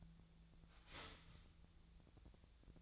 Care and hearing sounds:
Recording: daily activity, microphone in the room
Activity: start toaster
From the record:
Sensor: 3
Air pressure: 1009.2 hPa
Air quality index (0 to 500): 197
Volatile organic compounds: 16 ppm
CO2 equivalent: 2551 ppm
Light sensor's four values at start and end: 30/75/32/34 and 31/77/33/35

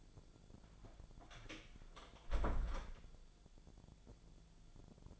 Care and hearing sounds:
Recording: daily activity, microphone in the room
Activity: close door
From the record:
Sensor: 5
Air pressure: 1000.5 hPa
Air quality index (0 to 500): 156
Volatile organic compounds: 2 ppm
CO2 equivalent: 1197 ppm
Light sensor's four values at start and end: 48/112/46/50 and 48/112/47/50

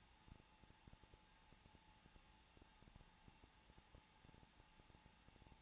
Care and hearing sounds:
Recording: daily activity, microphone in the room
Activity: no activity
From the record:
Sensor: 1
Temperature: 20.2 degrees Celsius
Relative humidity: 35.7%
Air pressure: 994.5 hPa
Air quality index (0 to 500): 182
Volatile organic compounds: 7 ppm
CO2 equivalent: 1999 ppm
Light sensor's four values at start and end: 1/2/1/1 and 1/2/1/1

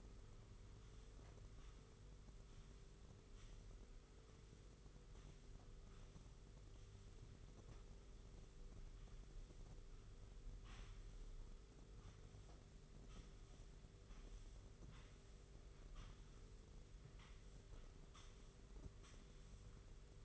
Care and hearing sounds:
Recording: daily activity, microphone in the room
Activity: sweep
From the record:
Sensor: 4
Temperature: 27.3 degrees Celsius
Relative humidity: 40.1%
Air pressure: 991.3 hPa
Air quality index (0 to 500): 158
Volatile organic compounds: 127 ppm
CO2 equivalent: 3911 ppm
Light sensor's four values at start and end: 24/77/29/30 and 23/77/28/29

